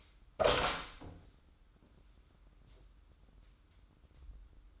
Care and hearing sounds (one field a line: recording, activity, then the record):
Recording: daily activity, microphone in the room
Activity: open door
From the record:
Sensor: 3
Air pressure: 994.3 hPa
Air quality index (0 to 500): 205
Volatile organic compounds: 1000 ppm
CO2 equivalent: 6866 ppm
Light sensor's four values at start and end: 112/266/109/102 and 112/266/109/102